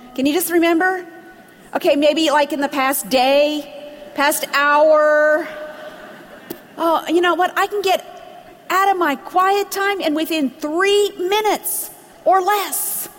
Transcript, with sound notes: Can you just remember? Okay, maybe, like, in the past day, past hour. (Laughter) You know what, I can get out of my quiet time and within three minutes or less,